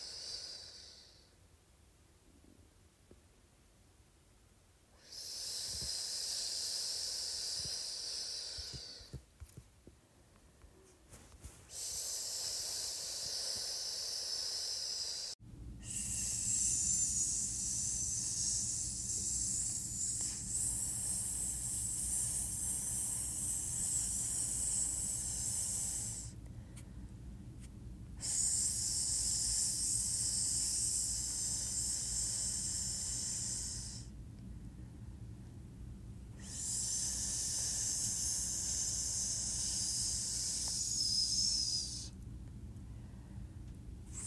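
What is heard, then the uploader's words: A bright 'sssss' hissing comes in long, steady stretches of several seconds each, separated by short silent gaps. From about fifteen seconds, a low, steady hum joins underneath and stays for the rest of the clip. ASMR Sssss Sound.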